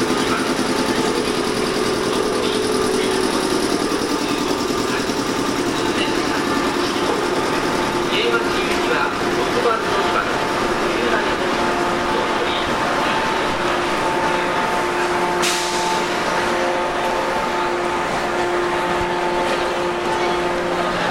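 Running sound recorded aboard a 415-series electric train on a local service of the Nippō Line. A steady, dense rumble and hiss continue throughout, with sustained motor whines holding level pitches. Around fifteen seconds a brief sharp click cuts through.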